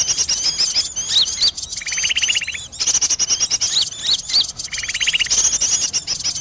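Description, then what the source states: Bird calls, high rapid twittering and upslurred whistles, broken by two buzzy rattling trills. Indonesian bird lure call (pikat), titled 'a thousand birds'.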